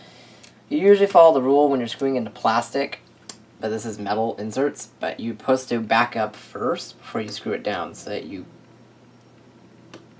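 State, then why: Seated. Someone talks while a screw is turned backwards in the hinge area of a 2012 HP Pavilion dv4 laptop being repaired after hinge damage, so it can drop into a metal threaded insert in the case before being screwed down. A short, sharp click at 9.9 s marks the screw dropping into the insert, seated at the start of the thread.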